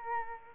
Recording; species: mosquito wingbeat signal from an infrared sensor; Aedes albopictus